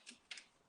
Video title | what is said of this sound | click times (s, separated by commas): Never Just A Roof - Instagram Live Series - Episode 1 - ft. Velux | with that now locked into place | 0.3 s